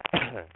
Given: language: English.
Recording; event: throat vibration sensor signal played as sound; cough